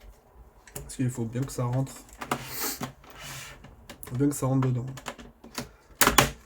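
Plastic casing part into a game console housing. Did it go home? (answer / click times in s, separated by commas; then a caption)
yes / 6.0 s, 6.2 s. During reassembly, a plastic casing part is fitted into a PS4 Pro (model CUH-7216B) game console housing, with its two small tabs lined up to go in. Someone talks while light handling sounds are heard. Then the part is pressed and clips in with two sharp snaps at 6.0 and 6.2 seconds, seating it.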